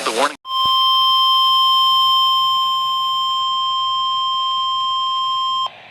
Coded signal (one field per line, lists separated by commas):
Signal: Emergency Alert System (SAME) tones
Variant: 1050 Hz attention tone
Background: speech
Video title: Severe Thunderstorm Warnings + 1 Special Marine Warnings (EAS 112-118) 4/19/23